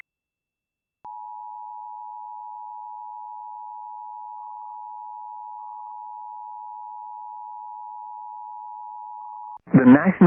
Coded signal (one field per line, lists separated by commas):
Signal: Emergency Alert System (SAME) tones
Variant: 853 and 960 Hz attention tone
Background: speech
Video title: (EAS) Severe Thunderstorm Warning on WHDH-DT2 (06/20/2024)